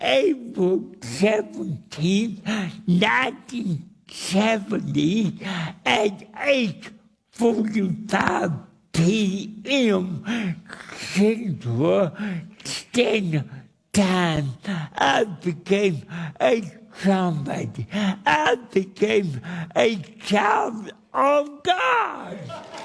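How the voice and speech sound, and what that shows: Slow, effortful speech from an adult man with cerebral palsy, with drawn-out vowels, nasal tone and dropped consonants. The speech is difficult to understand: dysarthria.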